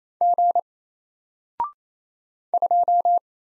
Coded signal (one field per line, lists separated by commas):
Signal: Morse code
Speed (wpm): 27 wpm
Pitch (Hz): 700 Hz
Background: none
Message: G 2